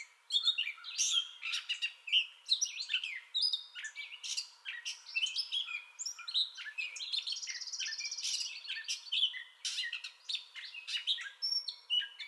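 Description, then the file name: Gray catbird singing a long, varied stream of harsh chatters, squeaks and whistled notes, tumbling one after another with hardly a break. Song bout recorded 30 May 2021. "2021-05-30 Gray Catbird Song Bout"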